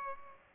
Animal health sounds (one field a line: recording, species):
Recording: mosquito wingbeat signal from an infrared sensor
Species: Culex pipiens